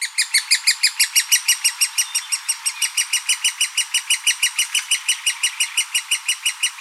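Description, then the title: Great spotted woodpecker chick giving rapid, steady high chittering notes, continuous and even throughout. Chick (nestling). "Sylvain Jaskowiak - Mes piafs. Pic-épeiche (poussin)"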